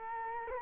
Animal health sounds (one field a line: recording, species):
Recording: mosquito wingbeat signal from an infrared sensor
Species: Culex quinquefasciatus